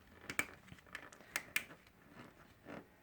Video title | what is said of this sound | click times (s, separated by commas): Lihit Labs Aqua Drops Notebook & Notepad | to close it you just push the two sides back together and you'll hear them snap but | 0.4 s, 1.4 s, 1.6 s